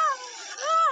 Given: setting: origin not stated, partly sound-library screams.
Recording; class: one-second piece from a danger detection set; woman in danger